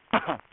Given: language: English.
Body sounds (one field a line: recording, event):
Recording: throat vibration sensor signal played as sound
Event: cough